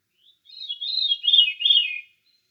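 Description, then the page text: Thrush song: a brief high note, then one rich warbled phrase of looping, slightly descending whistles lasting over a second, against a silent background. A single thrush singing solo in deciduous forest. "Deciduous Forest Thrush Solo. Quick Sounds"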